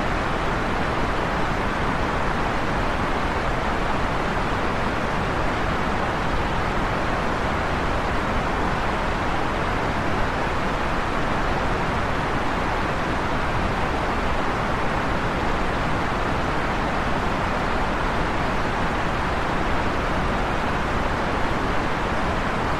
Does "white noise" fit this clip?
yes